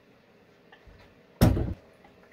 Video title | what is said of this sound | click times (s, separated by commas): Singer 306k Treadle Sewing Machine-final test and how-to | it oriented right and then push it in until it clicks into place | 1.4 s